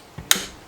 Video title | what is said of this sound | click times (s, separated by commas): 2012 Ford Transit Connect: Control Arms, Shocks and Struts, Wheel Hubs, & Tie Rod Ends Part 2 | on there until you hear a clicking noise like that. It | 0.3 s